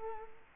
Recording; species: mosquito wingbeat signal from an infrared sensor; Culex quinquefasciatus